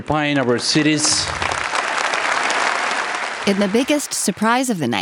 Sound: applause